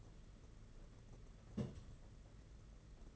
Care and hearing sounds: daily activity, microphone in the room; place on stove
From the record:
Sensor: 4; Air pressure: 992.9 hPa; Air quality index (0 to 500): 176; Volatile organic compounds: 343 ppm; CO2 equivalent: 4570 ppm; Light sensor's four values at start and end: 4/10/4/4 and 4/10/4/4

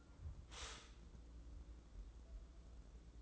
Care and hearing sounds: daily activity, microphone in the room; stop toaster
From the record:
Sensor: 3

